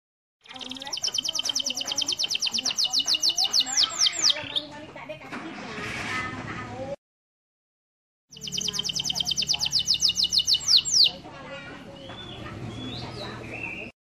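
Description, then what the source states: Canary song in two bursts of rapid high trilling separated by silence, with rougher noisy sounds and a low hum after each burst. Master song for training birds.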